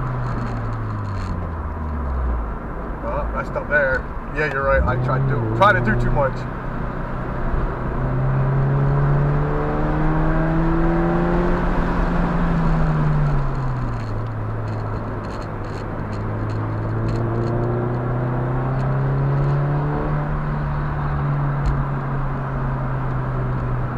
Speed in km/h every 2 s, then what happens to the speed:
66, 58, 64, 71, 87, 95, 63, 58, 68, 81, 82, 68.
0-3 slows to 58. 3-9 speeds up to 95. 9-13 brakes to 58. 13-19 speeds up to 82. 19-24 slows to 68.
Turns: 0-9, 12-17, 19-24.